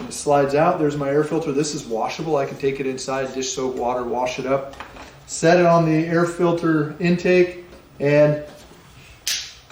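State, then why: Seated. Someone talks while removing the washable air filter from a Stihl MS 271 chainsaw, then sets it back on the air filter intake and twists it. A sharp click at 9.3 s marks the filter snapping into place, showing it is sealed.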